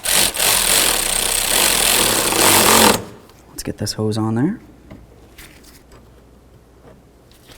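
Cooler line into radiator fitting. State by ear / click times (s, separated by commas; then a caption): not seated / none. A cooler line is handled and lined up at the radiator fitting on a 2004-08 Ford F-150 before being pushed home, while someone talks. Loud broadband noise fills the first three seconds, then quieter tonal sweeps and a few faint taps follow. Nothing has clicked or seated yet.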